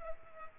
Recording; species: mosquito wingbeat signal from an infrared sensor; Culex pipiens